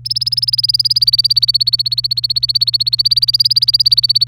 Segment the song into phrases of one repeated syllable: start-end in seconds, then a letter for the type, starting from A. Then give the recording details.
0.05-4.28 A. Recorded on 27 April 2018 at 07:18. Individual llb3